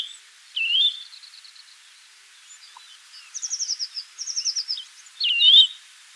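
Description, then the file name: Eurasian nuthatch calling: a sharp upslurred whistled note, two quick high twittering series, then another loud rising note. "Sitta europaea"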